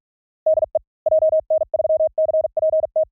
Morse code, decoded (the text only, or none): DE JN3CPT